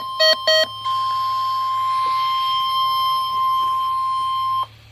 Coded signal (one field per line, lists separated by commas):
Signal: Emergency Alert System (SAME) tones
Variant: 1050 Hz attention tone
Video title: Now presenting... Number 20! Required Weekly Test over KHB41 (EAS Alert #20)